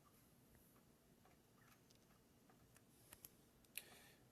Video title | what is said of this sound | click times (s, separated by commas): Computer Training | once you get it lined up you just push it down until you hear a click and | 3.1 s, 3.2 s, 3.8 s